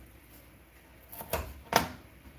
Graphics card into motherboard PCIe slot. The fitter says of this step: we go and I clicked into place it's all happy and secure there